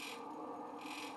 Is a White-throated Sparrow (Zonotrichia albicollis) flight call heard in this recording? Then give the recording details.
no. No flight call is heard. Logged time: 04:03 on 5 December 2014